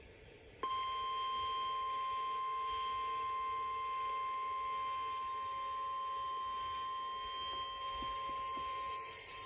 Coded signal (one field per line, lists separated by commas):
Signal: Emergency Alert System (SAME) tones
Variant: 1050 Hz attention tone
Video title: Spammy Saturday - EAS Alerts from 8/3/24 || EAS 1,377-1,395